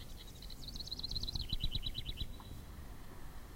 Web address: House Wren